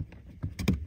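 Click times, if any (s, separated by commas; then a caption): none. A replacement plastic connector on a Tundra is handled and pushed up into position at the gas pedal, making a few short plastic taps and rubs, with the strongest knock near the end. Nothing has seated or clicked into place yet.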